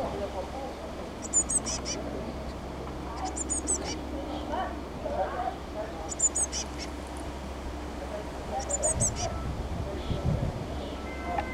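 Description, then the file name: Eurasian blue tit uttering short high-pitched chattering call bursts about every two to three seconds against a constant low hum. "Cyanistes caeruleus"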